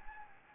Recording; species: mosquito wingbeat signal from an infrared sensor; Anopheles gambiae